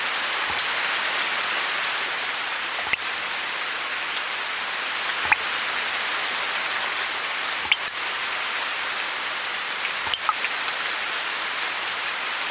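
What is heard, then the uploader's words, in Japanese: Water dripping from a roof leak over a steady, even hiss of rain. Sharp drops land at a regular pace, roughly every two and a half seconds, each a brief bright tap standing out from the constant patter. 雨漏り。梅雨の6月。とりあえずその辺にあるお皿で水滴受け、お皿がいっぱいになったら他のお皿に変え。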